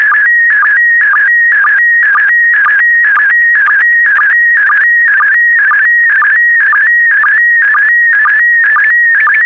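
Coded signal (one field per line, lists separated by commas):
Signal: SSTV (slow-scan television)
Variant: PD120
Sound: continuous warbling whistle near 2 kHz with a short low blip about twice a second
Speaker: the next image transmission will start in 10 seconds five four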